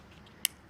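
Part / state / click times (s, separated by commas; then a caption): string light bulb into plastic mounting clip / seated / 0.5 s. A string light bulb with small teeth is pressed into a plastic mounting clip. A single sharp click sounds at 0.4 s as the bulb snaps into place and seats.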